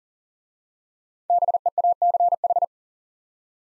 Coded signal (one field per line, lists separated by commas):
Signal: Morse code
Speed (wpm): 40 wpm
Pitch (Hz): 700 Hz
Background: none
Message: BEACH